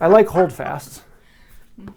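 Someone talks, then faint handling sounds follow as a steel holdfast in a workbench dog hole is readied to clamp down a wooden board that was bowing up on the bench. The holdfast has not been struck or locked in place yet, and nothing has seated or clicked.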